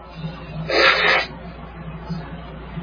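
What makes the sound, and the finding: Male speaker. Cough.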